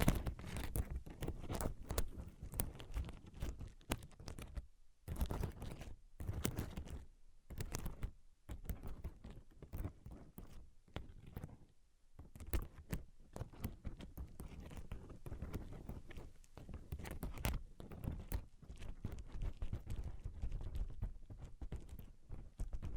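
Brain-penetrating 3D tapping: rapid, irregular fingertip taps and light scratches pile up in dense clusters, each hit a short sharp click with a low thump underneath. Brief silent gaps break the rhythm around five, eight and twelve seconds before the steady patter resumes.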